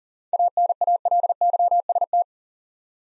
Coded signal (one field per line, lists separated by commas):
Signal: Morse code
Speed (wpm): 40 wpm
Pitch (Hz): 700 Hz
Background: none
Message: ANALYST